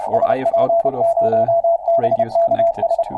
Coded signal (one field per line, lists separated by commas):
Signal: Morse code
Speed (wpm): 29 wpm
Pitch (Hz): 670 Hz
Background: speech, radio noise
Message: SP0BKS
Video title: Back into CW... (Live Stream) | HamRadio